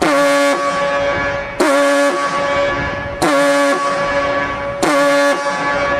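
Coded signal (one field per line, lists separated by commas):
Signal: coded fire alarm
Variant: Gamewell diaphone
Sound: deep reedy horn tone pulsing louder four times, roughly every 1.6 seconds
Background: outdoor ambience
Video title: Siren signal "FIRE" (USA 🇺🇸) | Gamewell Diaphone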